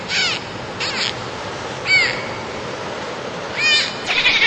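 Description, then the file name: Dolphin whistles: several short, curving high whistles with downward sweeps, repeated at irregular intervals over steady underwater hiss. "Golfinhos"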